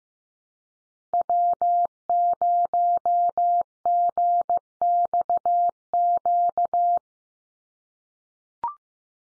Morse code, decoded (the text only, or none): W0GXQ